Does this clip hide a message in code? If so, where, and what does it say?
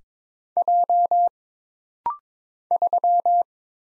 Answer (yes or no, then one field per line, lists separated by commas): yes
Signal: Morse code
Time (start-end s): 0.6-3.4 s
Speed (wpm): 22 wpm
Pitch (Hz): 700 Hz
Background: none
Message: J 3